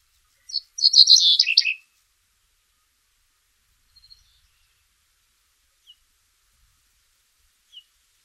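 Cinereous bunting song phrase: a quick one-second burst of high chirpy notes ending in lower descending notes, followed by a few faint isolated chips in silence.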